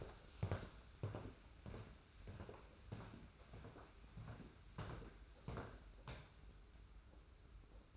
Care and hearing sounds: daily activity, microphone in the room; walk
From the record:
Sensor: 2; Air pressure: 991.5 hPa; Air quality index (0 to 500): 187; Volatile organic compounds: 1000 ppm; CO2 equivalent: 6110 ppm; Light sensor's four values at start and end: 24/76/30/29 and 30/90/35/33

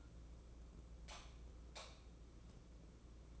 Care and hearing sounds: daily activity, microphone in the room; light off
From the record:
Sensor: 1

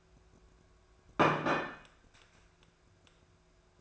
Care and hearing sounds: daily activity, microphone in the room; place plate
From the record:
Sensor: 2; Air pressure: 1014.9 hPa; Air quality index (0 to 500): 203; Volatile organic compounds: 20 ppm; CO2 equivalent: 2682 ppm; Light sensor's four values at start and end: 8/19/8/8 and 8/19/8/8

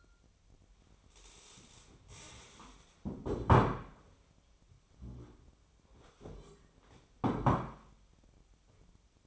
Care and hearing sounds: daily activity, microphone in the room; stand up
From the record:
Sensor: 1

